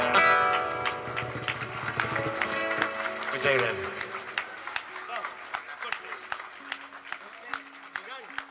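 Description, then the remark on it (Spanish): An audience breaks into applause as a song ends, a steady patter of many hands clapping that carries on after the music stops, with a voice talking over it. “Fuerte ese aplauso para...”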